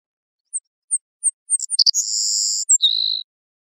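Savannah sparrow song with thin opening chips, a rapid cluster of notes, a long hissing buzz and a lower, trailing buzz to finish.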